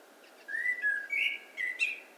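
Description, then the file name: Eurasian blackbird song phrase of smooth, slurred whistles rising and falling, with a slightly higher, brighter whistled ending. "Turdus merula"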